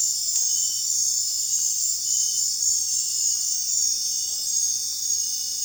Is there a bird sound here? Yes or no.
no